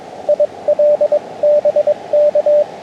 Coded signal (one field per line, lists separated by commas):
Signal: Morse code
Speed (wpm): 23 wpm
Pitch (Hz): 600 Hz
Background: radio noise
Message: IL BK